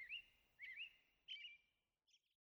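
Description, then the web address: American robin song: three short whistled, warbling phrases at a similar mid-high pitch, then a faint higher note; otherwise quiet. "soundandlightecologyteam"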